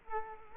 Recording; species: mosquito wingbeat signal from an infrared sensor; Culex quinquefasciatus